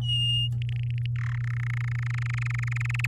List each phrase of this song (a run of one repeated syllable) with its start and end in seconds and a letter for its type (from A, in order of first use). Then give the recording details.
0.01-0.48 A, 0.58-1.06 B, 1.16-1.36 C, 1.37-3.06 D. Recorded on 10 May 2018 at 12:52. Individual llb16